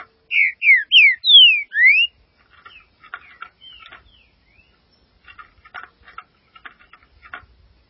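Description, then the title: Green-winged saltator song opens with five loud, sweet slurred whistles in quick succession, followed by several seconds of soft ticking and faint chip notes. "Trinca Ferro"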